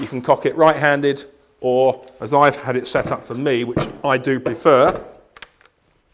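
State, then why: Not seated. A man talks about setting up the cocking handle of an Anschutz MRS RSX22 semi-auto rifle on his preferred side while handling the handle and action. Two short, sharp handling clicks come near the end, around 5.4 seconds. The clip ends before the handle is refitted, so nothing has seated yet.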